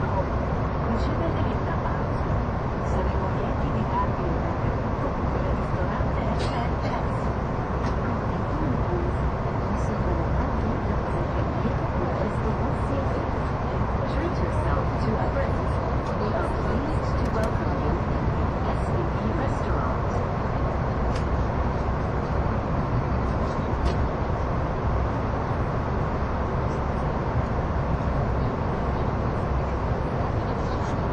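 A train on the Gotthard Base Tunnel route rumbles steadily and densely, low-heavy throughout, with faint clicks and murmured voices mixed in.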